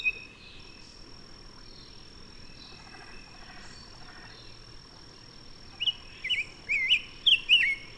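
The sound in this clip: Bird, song: mostly quiet hiss with a faint steady high tone, then a short burst of sharp, swooping whistled notes near the end.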